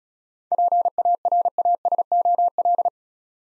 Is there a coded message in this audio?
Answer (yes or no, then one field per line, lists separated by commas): yes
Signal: Morse code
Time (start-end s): 0.5-2.9 s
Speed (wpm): 37 wpm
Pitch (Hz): 700 Hz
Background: none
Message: PARASOL